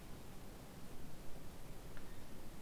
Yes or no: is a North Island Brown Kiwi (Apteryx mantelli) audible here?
no